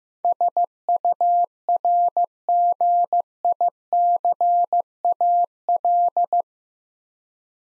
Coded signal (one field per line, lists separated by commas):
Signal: Morse code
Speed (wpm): 15 wpm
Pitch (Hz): 700 Hz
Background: none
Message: SURGICAL